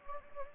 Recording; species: mosquito wingbeat signal from an infrared sensor; Anopheles gambiae